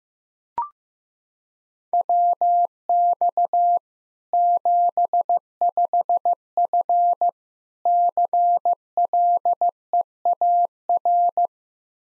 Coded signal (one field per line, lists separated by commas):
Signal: Morse code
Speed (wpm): 16 wpm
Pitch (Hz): 700 Hz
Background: none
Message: WX 75F CLEAR